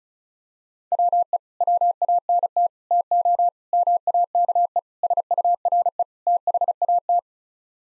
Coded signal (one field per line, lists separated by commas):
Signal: Morse code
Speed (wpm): 34 wpm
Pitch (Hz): 700 Hz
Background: none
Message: WE WANT TO MAKE SURE THAT